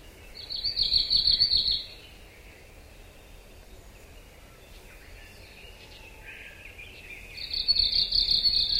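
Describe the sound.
Arctic warbler song: two bursts of a dry, even, high-pitched trill separated by a long quiet gap.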